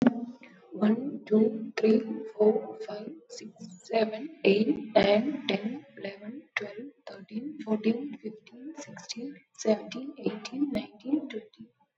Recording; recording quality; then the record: counting at a normal pace; excellent, no background noise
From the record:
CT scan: not taken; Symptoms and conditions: sore throat, muscle pain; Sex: female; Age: 21 years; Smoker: no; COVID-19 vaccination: both doses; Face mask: not worn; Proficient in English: yes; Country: India